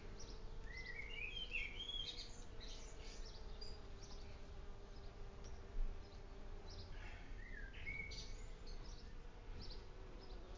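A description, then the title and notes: Bees drone steadily in the ceanothus, a constant low buzz, with a few brief birdsong phrases near the start and around eight seconds. Back Garden. Bees in the ceonothus - Orpington.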